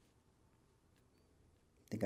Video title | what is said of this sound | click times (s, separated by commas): iPhone SE Battery Replacement The Complete Process | I think I heard it snap on. | 1.9 s